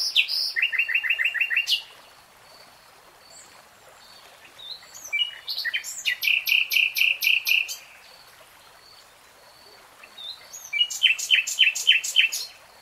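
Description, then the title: Nightingale song: three bursts of rapid repeated notes separated by quiet pauses, with faint chirps and a soft hiss of background noise. Real-time recording, three hours long. "[Tiếng chim hót] REALTIME Nightingale Singing"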